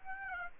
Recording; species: mosquito wingbeat signal from an infrared sensor; Aedes aegypti